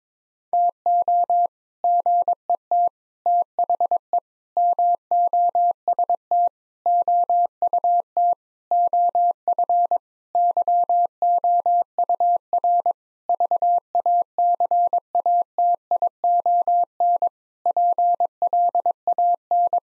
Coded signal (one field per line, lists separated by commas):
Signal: Morse code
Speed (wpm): 22 wpm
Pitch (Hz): 700 Hz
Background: none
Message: TO GET THE MOST OUT OF YOUR VACATION PLAN